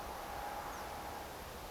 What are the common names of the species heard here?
Reed Bunting